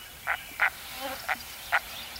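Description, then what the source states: Common Merganser croaks: four short, hoarse, frog-like notes spaced unevenly over two seconds, with faint background hiss. Male.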